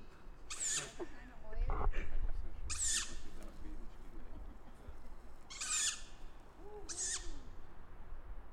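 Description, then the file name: Tawny owl calls as rough hissing screeches, four bursts spaced irregularly, with a low rumbling noise in the background between the first and second bursts. "waldkauz"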